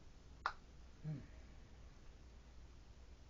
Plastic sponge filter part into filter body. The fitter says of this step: Snap in place.